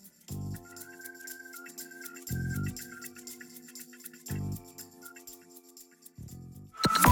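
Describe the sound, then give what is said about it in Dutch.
NPO Radio 1's 8 o'clock hourly time signal before the NOS news ticks with four heavy, evenly spaced beats about two seconds apart over steady electronic tones and a high melodic line, ending in a sudden louder burst. “Wordt spannend, zo dadelijk na de klok van 8 uur.”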